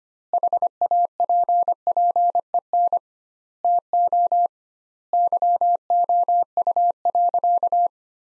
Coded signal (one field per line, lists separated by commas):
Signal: Morse code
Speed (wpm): 25 wpm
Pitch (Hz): 700 Hz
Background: none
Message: HAPPEN TO YOU.